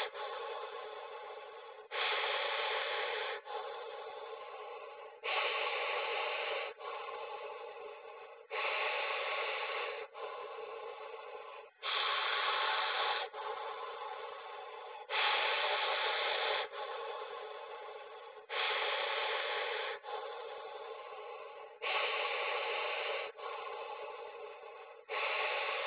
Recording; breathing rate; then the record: paced breathing near a phone; 18 breaths a minute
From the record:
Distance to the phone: 20 cm